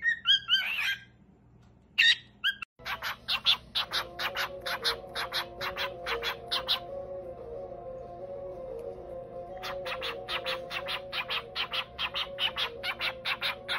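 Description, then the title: Cockatiel giving rapid, harsh chirps at about two per second over a steady low hum, with a pause in the middle. Several cockatiels singing, whistled song. "Calopsitas Cantando Assobio"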